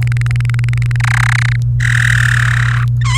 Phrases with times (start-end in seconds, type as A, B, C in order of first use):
0.02-0.96 A, 1.00-1.56 B, 1.80-2.85 C, 3.01-3.18 D